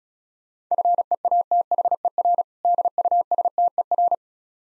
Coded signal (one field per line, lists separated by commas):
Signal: Morse code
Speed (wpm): 36 wpm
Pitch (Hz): 700 Hz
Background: none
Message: FEATHER DUSTER